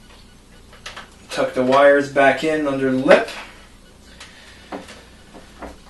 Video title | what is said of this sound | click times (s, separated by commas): how to fix ylod ps3 part4 | you hear a click | 0.9 s